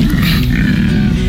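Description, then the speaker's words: Koala bellow: a deep, rough, grunting drone held low throughout, with faint breathy noise above it. Male koala bellowing in eucalypt forest, Australia. "And that's a male koala bellowing in the eucalypt forest of Australia."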